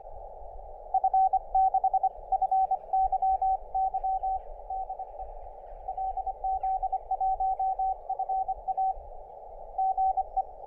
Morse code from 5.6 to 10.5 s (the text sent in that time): LZ1FA GE